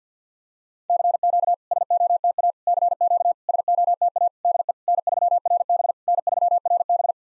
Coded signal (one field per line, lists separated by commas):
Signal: Morse code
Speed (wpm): 54 wpm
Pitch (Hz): 700 Hz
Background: none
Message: CQ SOTA CQ SOTA DE N3RB N3RB